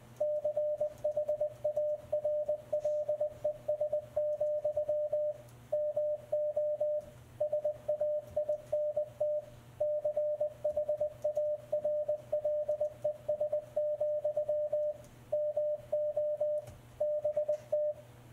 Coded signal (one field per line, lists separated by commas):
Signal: Morse code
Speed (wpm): 20 wpm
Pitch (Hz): 600 Hz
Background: none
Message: CHARLES, MO SAINT CHARLES, MO BT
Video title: Icom 7300 | MRP40 CW Morse Decoder